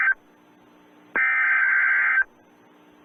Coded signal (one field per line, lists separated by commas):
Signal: Emergency Alert System (SAME) tones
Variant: header bursts